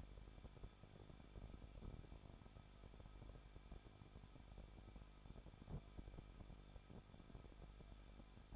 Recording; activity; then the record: daily activity, microphone in the room; no activity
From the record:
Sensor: 5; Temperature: 20.8 degrees Celsius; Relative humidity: 38.5%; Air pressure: 1006.5 hPa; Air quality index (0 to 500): 191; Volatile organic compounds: 20 ppm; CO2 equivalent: 2695 ppm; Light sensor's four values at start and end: 2/3/1/1 and 2/3/1/1